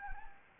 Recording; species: mosquito wingbeat signal from an infrared sensor; Anopheles gambiae